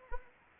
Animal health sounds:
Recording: mosquito wingbeat signal from an infrared sensor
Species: Anopheles arabiensis

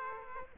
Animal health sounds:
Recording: mosquito wingbeat signal from an infrared sensor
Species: Aedes aegypti

